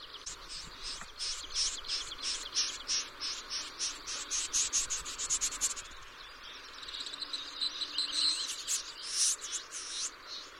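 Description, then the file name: Pin-tailed snipe giving a fast train of dry, rasping pulses for about six seconds, then a thinner buzzing trill. Recorded 26 June 2006. "Galste Pural"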